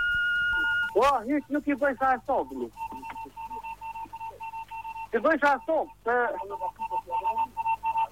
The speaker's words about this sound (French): Ah oui, c'est le message en morse. Eh oui, le message en morse. Donc si vous connaissez le morse, hein, qu'est-ce qu'il a bien voulu dire?